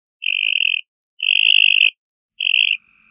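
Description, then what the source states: Northern mockingbird mimicking a frog: three buzzy, even, high-pitched bursts, each under a second long. Mimicking the call of a Cope's gray tree frog; mockingbirds imitate 12 North American amphibian species; females may find this mimicry attractive.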